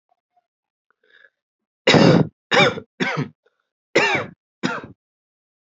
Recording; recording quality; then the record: heavy voluntary cough; excellent, no background noise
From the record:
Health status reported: healthy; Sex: male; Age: 23 years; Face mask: not worn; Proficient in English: yes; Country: India